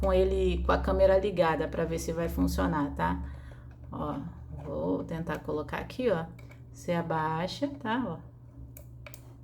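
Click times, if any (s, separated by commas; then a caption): 9.1 s. A microSD memory card is pushed down into the card slot of a solar-powered security camera until it latches, while someone talks. A sharp click is heard at 9.1 s as the card locks into place, confirming it is seated.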